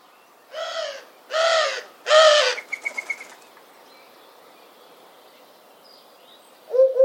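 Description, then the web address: Bird calls: three harsh, hoarse caws in quick succession, then a brief dry rattle and quiet, with a low note at the end. "Deverinetal 2025 File origin Bird Only"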